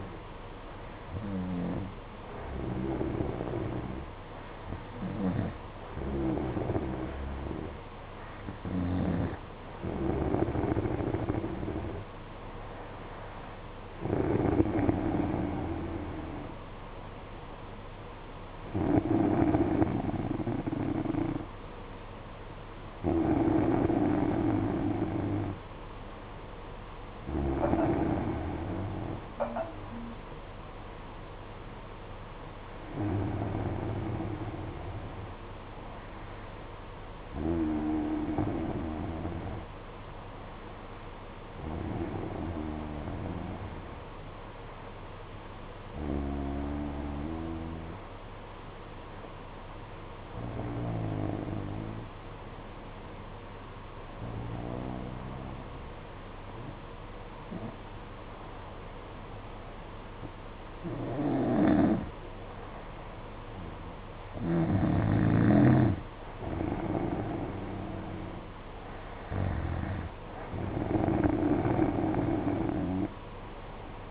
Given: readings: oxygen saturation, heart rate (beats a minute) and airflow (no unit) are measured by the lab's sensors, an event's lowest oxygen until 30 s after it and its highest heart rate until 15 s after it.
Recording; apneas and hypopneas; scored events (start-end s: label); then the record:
breathing in sleep by a voice recorder at the bedside; 1
43.00-68.30 s: hypopnea (N2, oxygen 94% highest, then 91% lowest, heart rate 53 at the start, 62 highest)
From the record:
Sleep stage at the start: N2 (light sleep); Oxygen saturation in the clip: 92 to 94%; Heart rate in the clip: 53 to 59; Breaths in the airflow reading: 17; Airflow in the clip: -4.2 to 6.4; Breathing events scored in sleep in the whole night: 476 in 9.7 hours asleep